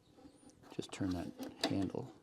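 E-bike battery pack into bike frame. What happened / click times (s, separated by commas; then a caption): The part is being handled and has not seated yet / none. Someone talks while handling the battery pack of a CYCROWN ULTRA e-bike as it goes into the bike frame, with the handle about to be turned, and a brief sharp tap sounds near 0.8 s. The battery has not clicked home or seated yet by the end of the clip.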